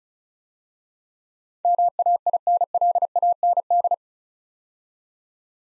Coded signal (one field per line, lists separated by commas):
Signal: Morse code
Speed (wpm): 34 wpm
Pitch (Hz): 700 Hz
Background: none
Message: MAINLAND